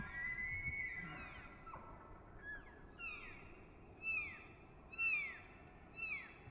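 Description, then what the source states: Elk calls: a sustained high whistle that drops, followed by several short descending squeals about once a second. Elk not long after dawn in the Colockum Wildlife Area, beyond a Ponderosa Pine stand; two bulls in a challenge over cows and territory; last week before firearm hunting season.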